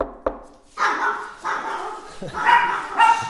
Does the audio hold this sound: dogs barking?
yes